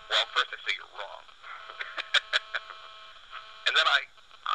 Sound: laughs